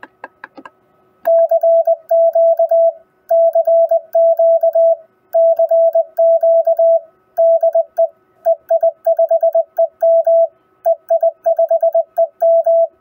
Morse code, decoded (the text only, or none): CQ CQ CQ DE EI5EM EI5EM